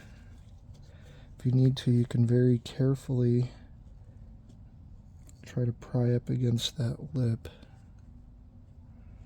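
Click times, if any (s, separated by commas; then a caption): none. A wrist pin snap ring (wrist pin clip) is carefully pried up against the lip of the piston pin bore on an LTG Diamond piston for a 2.0L turbo 2016 Cadillac ATS while someone talks. Only handling is heard; the ring has not yet snapped into its groove, and nothing has seated or clicked yet.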